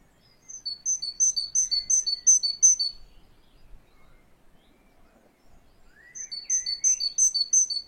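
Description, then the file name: Great tit song: a quick series of high, clipped notes for about two and a half seconds, a pause with a faint rising call, then the rapid series again. "Canto do chapins real"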